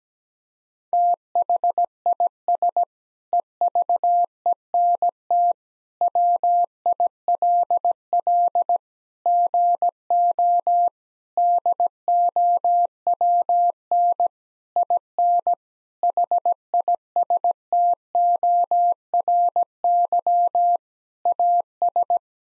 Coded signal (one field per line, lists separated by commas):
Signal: Morse code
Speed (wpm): 17 wpm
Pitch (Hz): 700 Hz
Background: none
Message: THIS EVENT WILL GO DOWN IN HISTORY AS